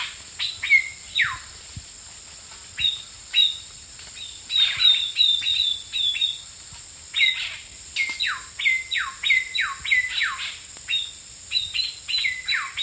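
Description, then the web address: Ecuadorian cacique calling repeatedly: bright whistled notes that drop steeply in pitch, delivered in lively runs against a constant high-pitched insect hum. Recorded in the eastern lowlands of South America. "Natures Songs S America Eastern Lowlands. Ecuadorian Cacique"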